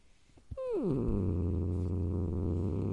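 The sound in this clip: Domestic cat growl: a brief descending whine drops into a steady, low, throaty growl that continues to the end.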